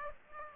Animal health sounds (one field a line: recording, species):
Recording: mosquito wingbeat signal from an infrared sensor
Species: Aedes aegypti